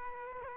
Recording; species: mosquito wingbeat signal from an infrared sensor; Aedes aegypti